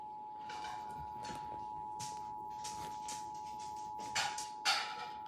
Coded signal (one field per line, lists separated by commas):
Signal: Emergency Alert System (SAME) tones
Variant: 853 and 960 Hz attention tone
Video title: EAS - Severe Thunderstorm Warning North Carolina #history #foxnews #90snostalgia #shorts #eas